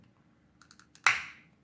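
A coin is twisted in a second opening along the seam of a plastic key fob for a 2004–2007 Cadillac XLR, during battery replacement. A few faint light clicks are followed by a sharp, loud crack at 1.1 s as the plastic housing halves snap further apart. The case now comes off easily.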